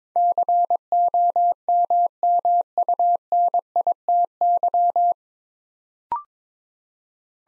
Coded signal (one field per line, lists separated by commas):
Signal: Morse code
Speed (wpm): 22 wpm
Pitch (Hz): 700 Hz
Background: none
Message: COMMUNITY